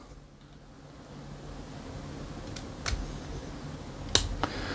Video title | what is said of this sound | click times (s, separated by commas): Magic Square MS-B51 Heavy Gunner Legends Scale G1 Transformers Decepticon Brawl Review! | and you'll hear it click in. | 4.1 s